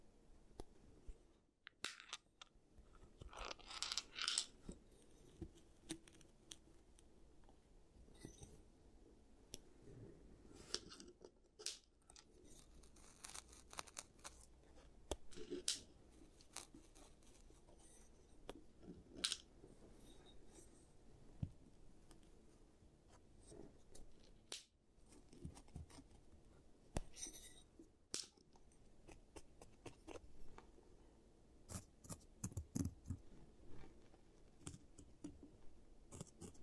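An ASMR giant teeth treatment with a steady stream of sharp clicks, scrapes and crunchy snips throughout. Louder bursts of crunching and scraping come every few seconds, notably around 4, 11, 19, 25 and 28 seconds, over a soft, low rumbling bed.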